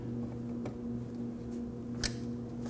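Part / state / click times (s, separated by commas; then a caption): electrical connector into fog light bulb socket / seated / 2.1 s. A wiring harness connector is pushed onto the fog light bulb socket of a 2011-2016 Kia Optima over a steady low hum, with a faint tick at 0.7 s. It clicks in at 2.1 s with a sharp snap, and it is seated and confirmed in place with a light tug.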